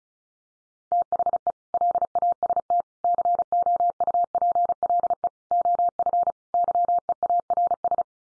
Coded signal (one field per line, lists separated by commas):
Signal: Morse code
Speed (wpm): 34 wpm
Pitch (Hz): 700 Hz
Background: none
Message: THE LAST COUPLE OF YEARS